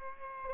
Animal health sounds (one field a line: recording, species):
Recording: mosquito wingbeat signal from an infrared sensor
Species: Aedes aegypti